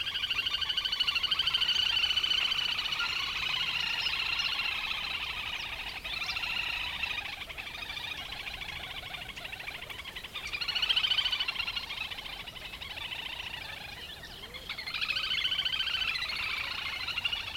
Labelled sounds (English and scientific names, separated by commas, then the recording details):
Little Grebe (Tachybaptus ruficollis) call
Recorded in the wild
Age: adult
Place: Karower Teiche, Naturpark Barnim, Berlin, DE
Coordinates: 52.622, 13.46
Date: 1992-05-16 10:30
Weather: sonnig, ca. 20-22°C
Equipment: Nagra SN, Mikrofon AKG CK 8, Kopie Tesla B 116
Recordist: Tembrock, Günter